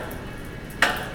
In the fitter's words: you gotta push listen for the cliq that's just where to go yep and